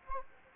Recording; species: mosquito wingbeat signal from an infrared sensor; Anopheles gambiae